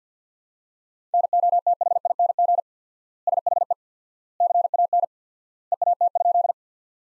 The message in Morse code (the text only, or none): NOTHING SHE CAN EAT?